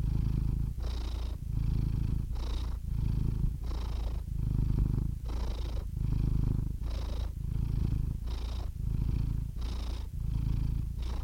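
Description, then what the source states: Domestic cat purring loudly and evenly, deep vibrating rumble repeating with each inhale and exhale. Compilation of domestic cats, from kittens to old cats.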